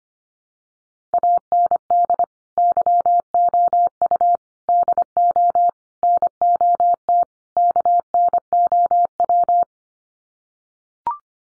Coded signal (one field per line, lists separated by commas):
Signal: Morse code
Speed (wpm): 25 wpm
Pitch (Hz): 700 Hz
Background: none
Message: AND YOU DO NOT KNOW